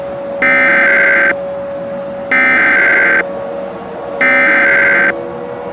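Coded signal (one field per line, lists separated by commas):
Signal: Emergency Alert System (SAME) tones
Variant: header bursts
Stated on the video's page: Fictional EAS scenario recreation with valid EAS tones, styled after older NOAA Weather Radio CRS broadcasts with text-to-speech voices.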